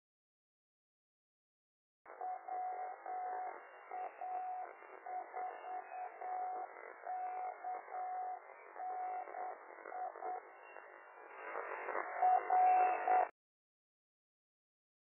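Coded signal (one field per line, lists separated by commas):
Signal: Morse code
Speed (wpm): 8 wpm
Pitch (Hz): 740 Hz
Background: none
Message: WA4KNI R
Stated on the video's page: Morse heard on a local repeater, apparently its ident.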